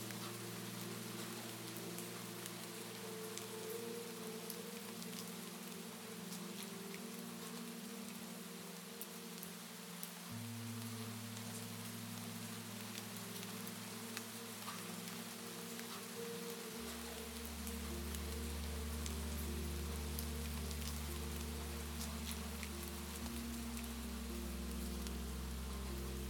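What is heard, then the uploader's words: A soothing melody of sustained low tones shifting every few seconds blends with steady, dense raindrops that patter brightly throughout. Discover a soothing melody that delicately blends with the raindrops, creating an ideal soundscape for relaxation and well-being.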